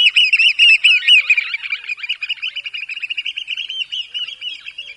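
Eurasian oystercatcher delivering a rapid run of strident, high piping notes, loud at first and then settling into a steady, slightly softer trill-like stream.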